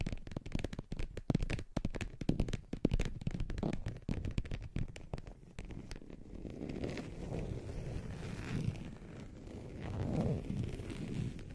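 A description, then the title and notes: Fingernails scratch and tap on a surface in quick, irregular bursts for the first six seconds, dense little clicks and rasps with a bright edge. After that the sound softens into a steadier, lower rubbing or tracing that swells slightly around eight and ten seconds. ASMR Surface Scratching - Tapping - Tracing Hypnotic Asmr No Talking for Sleep with Long Nails.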